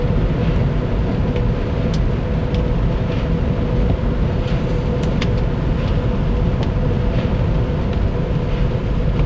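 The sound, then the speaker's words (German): Inside a car wash, soft cloth strips sweep and slap across the car over a loud, steady low rumble of machinery and water, with scattered sharp taps throughout. No one speaks. “Jetzt wedelt hier noch irgendwas übers Auto.”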